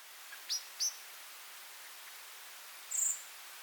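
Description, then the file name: Common blackbird gives two high, thin, upslurred notes close together, followed after a pause by a short higher buzzy note, with light background hiss. "Turdus merula"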